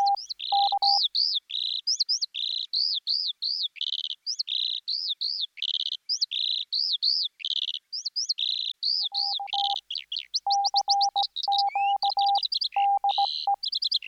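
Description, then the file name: Skylark pouring out a fast, unbroken song of chirps, buzzy trills and whistled slurs, while short bursts of flat electronic beeps come and go. "skylark"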